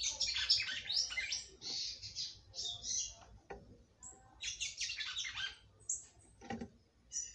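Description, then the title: Red-cowled cardinal song of quick, high chattering and warbled notes in uneven bursts, over a steady low rumble. "Galo De Campina"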